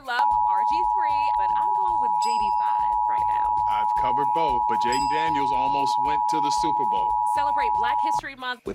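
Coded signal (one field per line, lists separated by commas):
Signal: Emergency Alert System (SAME) tones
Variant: 853 and 960 Hz attention tone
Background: speech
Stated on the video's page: Required monthly tests captured from DC and Maryland TV and FM broadcast relays, plus NOAA Weather Radio required weekly tests.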